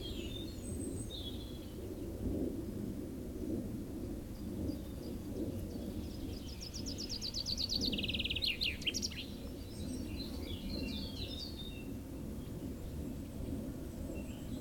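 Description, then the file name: Common chaffinch song: a quick, descending series of bright repeated notes ending in a short flourish, heard midway over a steady low rumble, with other faint chirps. "Fringilla coelebs"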